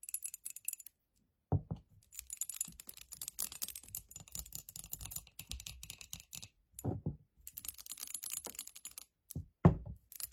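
Fingernails tap and slide in quick, crisp clicking runs, dense and bright, broken by short silent gaps. A few heavier, louder taps land around 1.5, 7 and nearly 10 seconds, standing out against the lighter, scratchy patter.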